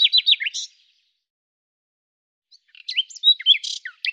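Bird song: a brief burst of quick high chirps, a pause of nearly two seconds, then a longer, varied chattering phrase.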